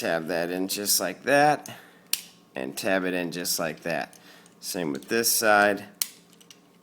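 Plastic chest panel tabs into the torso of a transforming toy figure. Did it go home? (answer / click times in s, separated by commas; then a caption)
yes / 6.5 s. Someone talks while pressing the plastic chest panel on the other side of a Transformers Prime Wheeljack transforming toy figure into its torso. Faint plastic ticks lead up to a sharp click at 6.5 s as the panel tabs in and seats into place.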